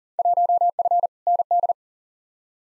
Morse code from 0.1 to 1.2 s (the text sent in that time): 1F